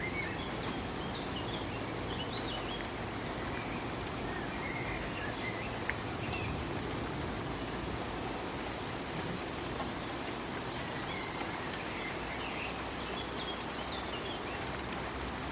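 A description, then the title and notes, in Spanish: Rain falls steadily throughout, a dense, even hiss that holds the same level for the whole sixteen seconds. Low rumbling patter sits underneath, with faint scattered higher ticks of drops, and a couple of slightly sharper taps around six and eleven seconds. El Caer de la Lluvia. Sonido de la Lluvia.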